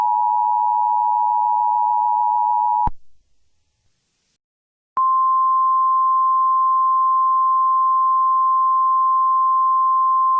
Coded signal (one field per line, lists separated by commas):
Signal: Emergency Alert System (SAME) tones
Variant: 853 and 960 Hz attention tone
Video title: EAS Scenario - Meltdown